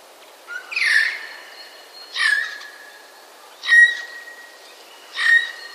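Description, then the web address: Eurasian jay harsh calls: four rasping bursts with a tonal core, spaced about every one and a half seconds, with a faint steady whistle behind them. Recorded 19 March 2011. "wroblowe ostrzegator sojka 19 03 2011"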